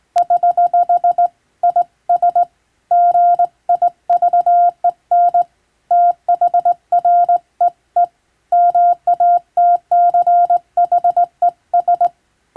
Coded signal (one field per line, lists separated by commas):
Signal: Morse code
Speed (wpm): 19 wpm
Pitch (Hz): 700 Hz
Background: none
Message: <HH> IS GIVEN THREE MATCHES